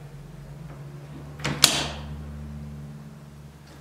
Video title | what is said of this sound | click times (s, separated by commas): Assembling a Kirby Vacuum Cleaner From GreatVacs! | you know it's locked in when you hear it click | 1.6 s